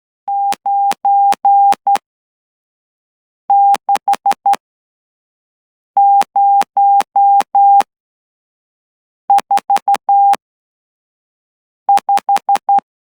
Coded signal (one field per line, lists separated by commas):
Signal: Morse code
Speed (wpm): 11 wpm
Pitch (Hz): 800 Hz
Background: none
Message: 96045